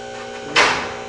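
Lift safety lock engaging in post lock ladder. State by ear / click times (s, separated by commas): seated / 0.6 s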